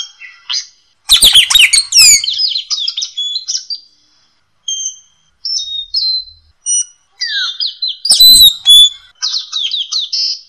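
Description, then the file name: Lory song mixing sharp chirps, squeaky whistles and short harsh bursts, delivered in uneven phrases separated by brief silences. "nuri tanau omkicau"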